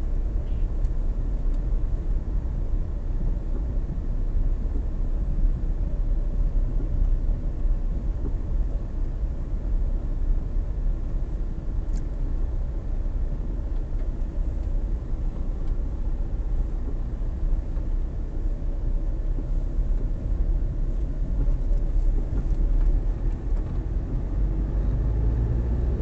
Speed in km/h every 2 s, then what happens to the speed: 8, 8, 8, 8, 8, 7, 7, 8, 8, 9, 9, 11, 16.
0-21 steady at about 8. 21-26 speeds up to 16.